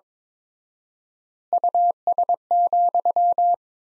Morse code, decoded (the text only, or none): US,